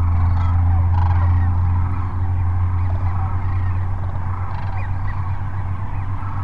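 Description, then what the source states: Sandhill cranes calling as a flock, a steady wash of rolling, trumpeting calls with a few louder notes standing out, over a constant low rumble. Sandhill cranes at Cochise Lakes on 30 January 2019.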